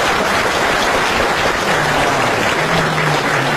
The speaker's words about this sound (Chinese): 话说到这儿了，你要是再不唱，你是不是嫌大伙掌声不热烈啊？可以热烈一点。